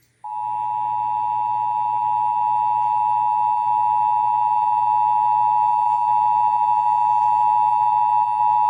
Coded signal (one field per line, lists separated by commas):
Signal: Emergency Alert System (SAME) tones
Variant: 853 and 960 Hz attention tone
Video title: (EAS #941-949) October 2025 Texas Required Monthly Test